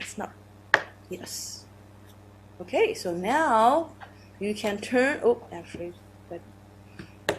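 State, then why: Partly seated. A plastic lid is pressed onto a plastic powder dispensing bottle while someone talks. A sharp snap comes at 7.3 seconds, but the lid still isn't fully snapped on, since seating it takes force and a snapping push with the palms.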